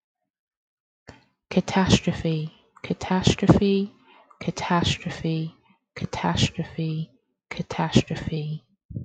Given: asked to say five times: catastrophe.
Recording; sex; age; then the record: repeated word; female; 30 to 39 years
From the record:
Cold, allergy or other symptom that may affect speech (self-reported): no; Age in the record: 37 years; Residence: New York, United States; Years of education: 16